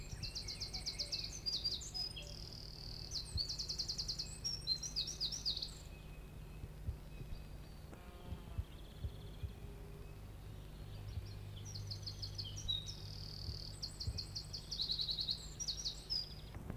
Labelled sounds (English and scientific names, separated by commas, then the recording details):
Eurasian Wren (Troglodytes troglodytes)
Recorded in the wild
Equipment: Halbspur, 9,5 cm/s
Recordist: Lütgens, Hans
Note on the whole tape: Warnen, Gesang